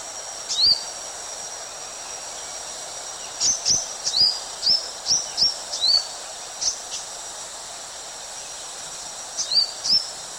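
Purple-cheeked sunbird repeating sharp, high, thin chip notes, a quick run in the middle and a pair at the end, with a constant high-pitched insect hum behind.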